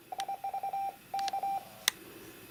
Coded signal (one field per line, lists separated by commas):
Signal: Morse code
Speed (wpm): 26 wpm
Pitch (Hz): 790 Hz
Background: none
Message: IV K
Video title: Shack Tour - Current radios